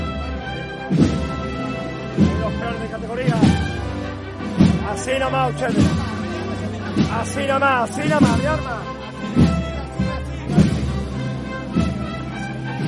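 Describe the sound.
The procession of María Santísima de Salud y Esperanza passes through San Benito, with steady, sustained tones and a regular struck beat roughly once every second. Voices and crowd chatter run underneath throughout, with a few louder swells mid-clip.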